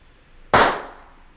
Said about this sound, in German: Ach, jetzt spielt sie schon wieder mit den Pistolen.